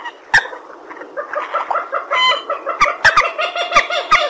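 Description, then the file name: Purple swamphen uttering soft clucking notes that build into louder nasal honks, with several sharp clicks near the end. "tieng trich re keu"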